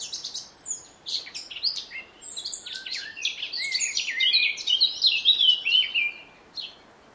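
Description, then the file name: Eurasian blackcap song: a busy, high scratchy warble building into a loud run of clear whistled notes that slide downward before fading. "Sylvia atricapilla"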